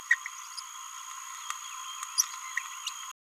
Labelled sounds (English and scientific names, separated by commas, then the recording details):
Green-rumped Parrotlet (Forpus passerinus) babbling
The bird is a male
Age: 27 days
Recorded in a nest box in Venezuela
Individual 17B31A2